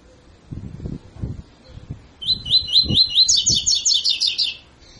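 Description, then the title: Double-collared seedeater song of rising whistles and a fast trill, with low knocking or thumping sounds heard underneath. Tutor song used to train birds; 'tui tui fibra' song style. "COLEIRO TUI TUI FIBRA"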